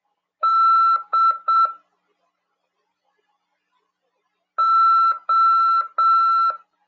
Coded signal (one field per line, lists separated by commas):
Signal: Morse code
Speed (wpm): 7 wpm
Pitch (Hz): 1340 Hz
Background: none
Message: DO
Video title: RADIOAMADOR 1ªEd. 10/3/2023 "AULA 25 CW, LEGIS e C.RODADA" PY2EXU PAULO SP/SP CRASP FM 146.410 Mhz.